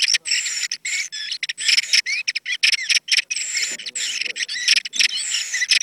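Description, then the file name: Thrush singing a fast, varied run of high whistles and twittering trills, with rising slurs, packed tightly with only brief gaps, and faint low sounds underneath. "Zorzal sonido"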